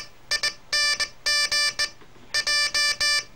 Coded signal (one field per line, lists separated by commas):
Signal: Morse code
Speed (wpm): 18 wpm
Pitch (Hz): 1750 Hz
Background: none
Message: ING J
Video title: Morse Code 008 (for enthusiasts)